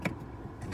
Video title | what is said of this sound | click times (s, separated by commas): How to use your Honda Odyssey 2019 EX model vacuum system tutorial! | locks into place | 0.1 s